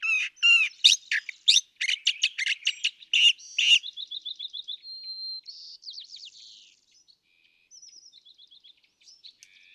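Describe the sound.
California thrasher with a burst of loud, varied squeaky and gravelly notes, followed by quieter rapid trills and a thin whistle, tapering off.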